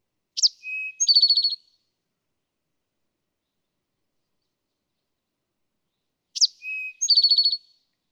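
Eastern towhee singing its three-part phrase, a bright opening note, a low sustained tone and a quick rattling trill, given twice with silence between.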